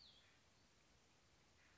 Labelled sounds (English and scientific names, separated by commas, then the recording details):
Cassin's Vireo (Vireo cassinii)
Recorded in Sonoma County, California